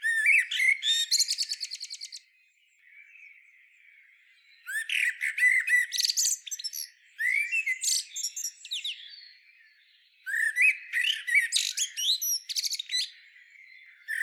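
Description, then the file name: Common blackbird song in several bursts of rapid high twittering and squeaky notes, separated by softer pauses. "Turdus merula"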